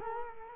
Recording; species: mosquito wingbeat signal from an infrared sensor; Culex quinquefasciatus